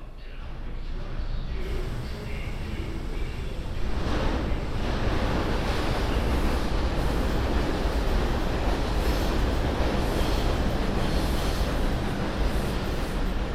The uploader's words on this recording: A binaural field recording, from my studio in Sunset Park to my apartment in Harlem. Hop on the N at 36th Street, transfer at Times Square and head uptown on the 1.